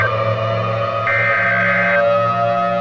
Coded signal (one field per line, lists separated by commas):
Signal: Emergency Alert System (SAME) tones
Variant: header bursts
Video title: Within the Mist 2 | An EAS Scenario